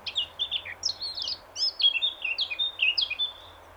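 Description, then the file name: Eurasian blackcap song: a quick, jumbled warble of high twittering notes. "Sylvia atricapilla"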